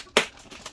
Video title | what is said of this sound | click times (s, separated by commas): MSL님 5700X CPU와 GIGABYTE B550M AORUS ELITE 및 RTX 3070 그래픽카드 시스템 조립 설명 영상 | 딱깍딱깍 소리가 나게 껴줍니다. | 0.2 s, 0.7 s